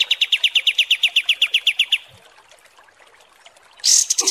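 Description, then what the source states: Kapas tembak bird song: a steady series of clear, high chip notes for two seconds, a quiet pause, then a sharp high burst. Masteran (tutor song) for training cage birds, described as mewah (luxurious).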